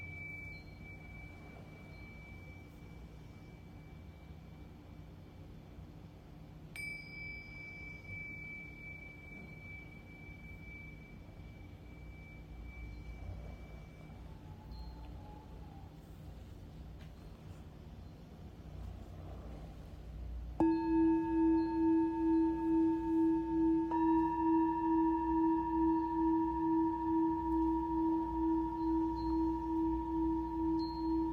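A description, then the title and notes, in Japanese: Singing bowls resonate. For the first twenty seconds only thin, faint high tones linger over a low background hum; then at about 21 seconds a bowl rings out loudly with a deep, full tone that sustains with a slow, pulsing wobble. シンギングボウルのサウンドヒーリング。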